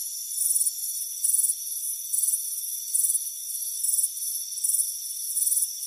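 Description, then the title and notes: Crickets chirping: high, shrill pulsed bursts about seven times in six seconds over a steady high insect drone. Crickets chirping on a warm afternoon by a front porch. "Soothing Crickets Chirping Sound. It's a warm afternoon as you relax in a hammock on the front porch. Relax and fall asleep to the soothing sound of chirping crickets. Deep Sleep Sounds"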